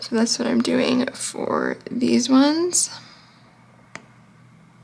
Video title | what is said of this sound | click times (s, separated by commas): How To Crochet A Candy Corn Bee Plushie- Candy Corn Bee Amigurumi Crochet Tutorial For Fall! | And sometimes you even get that click that you just heard. | 3.9 s